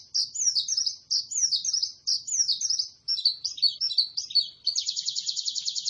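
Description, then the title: White-eye song: high, rapid twittering phrases, a short pause, then a fast buzzy trill at the end; no other clear sounds. Singing described as gacor, meaning lively singing. "Pleci Gacor"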